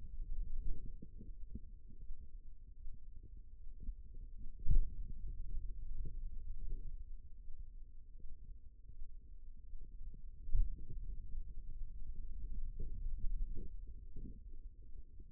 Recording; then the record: forearm muscle sounds (acoustic myography)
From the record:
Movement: finger pinch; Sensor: system 2, bracelet of six BSWA MPA416 microphones around the upper forearm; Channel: 4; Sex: female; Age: 25 years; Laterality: right